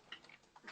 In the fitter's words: you hear that click I love that okay and then okay